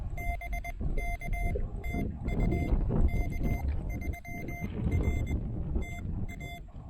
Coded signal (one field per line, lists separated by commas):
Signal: Morse code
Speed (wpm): 21 wpm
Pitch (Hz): 2100 Hz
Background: none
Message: BK TU K3R TA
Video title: POTA on the cheap with my new-to-me TEN-TEC R4020 QRP transceiver!